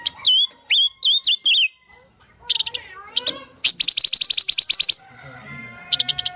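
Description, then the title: Spiderhunter song: quick run of whistled looping notes, a pause, then a long rattling series of harsh buzzy notes and a final short burst. Long, clear, chatty singing (gacor) used to train birds. "Pijantung Gunung Gacor Jernih Panjang"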